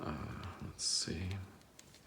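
A plastic rear suspension part (arm or mount block) of a Team Associated DR10 RC drag car is handled as it is lined up to key into its slot on the rear end, while someone talks briefly. Only faint handling ticks follow near the end. Nothing has seated or clicked yet.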